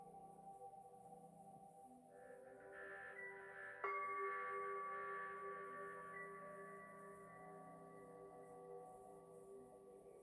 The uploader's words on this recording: MIDI and BOWL sounds 7 mins per chakra.